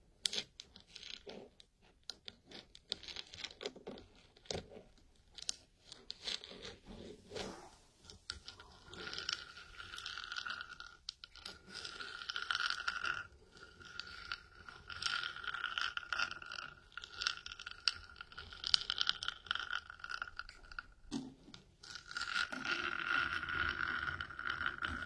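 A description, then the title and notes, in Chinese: Something is rubbed against a hard object, starting with scattered scratchy strokes and thickening after about eight seconds into a steady, dense grinding with a bright ringing squeal near the middle. The friction pauses briefly around twenty-one seconds, then resumes. 在硬硬的物体上摩擦。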